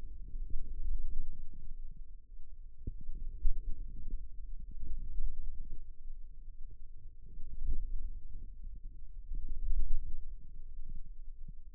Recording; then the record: forearm muscle sounds (acoustic myography)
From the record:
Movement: radial deviation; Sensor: system 2, bracelet of six BSWA MPA416 microphones around the upper forearm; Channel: 6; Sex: female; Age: 22 years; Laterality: right